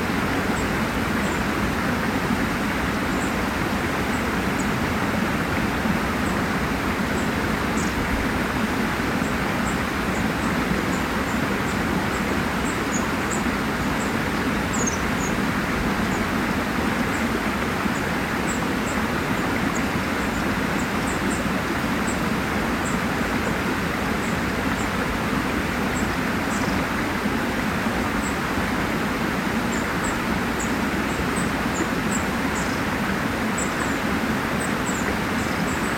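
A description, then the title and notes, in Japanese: Snowmelt water rushes in a steady, dense, unbroken roar, while faint high bird chirps sound intermittently and distantly above it throughout. 八ヶ岳〜雪解けの水の流れと鳥の歌。今日は暖かく、夕方に2度ありました。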